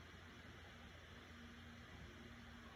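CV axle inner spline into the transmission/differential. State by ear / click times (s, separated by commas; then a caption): not seated / none. The inner spline end of a CV axle is being handled and pushed toward the transmission/differential, where its retaining clip is meant to snap in. Only a steady broadband hiss and low hum are heard, with faint tones around 200–250 Hz and no distinct impacts. The axle has not seated or clicked yet.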